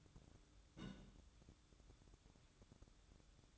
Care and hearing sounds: daily activity, microphone in the room; place on stove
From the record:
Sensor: 3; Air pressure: 1008.1 hPa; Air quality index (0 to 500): 130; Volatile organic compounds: 2 ppm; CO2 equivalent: 1074 ppm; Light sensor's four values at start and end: 8/20/8/7 and 8/20/8/7

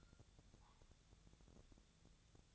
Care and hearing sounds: daily activity, microphone in the room; take from stove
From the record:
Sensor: 3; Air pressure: 999.3 hPa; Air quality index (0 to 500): 196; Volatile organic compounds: 43 ppm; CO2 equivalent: 3192 ppm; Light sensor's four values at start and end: 7/17/7/7 and 7/17/7/7

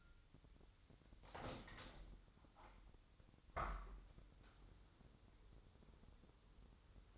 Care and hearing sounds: daily activity, microphone in the room; open window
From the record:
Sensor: 3

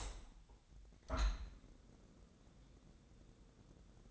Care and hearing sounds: daily activity, microphone in the room; open window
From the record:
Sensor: 3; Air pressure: 1012.4 hPa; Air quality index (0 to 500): 129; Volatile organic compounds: 2 ppm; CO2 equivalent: 1004 ppm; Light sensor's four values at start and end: 174/417/170/156 and 175/418/171/158

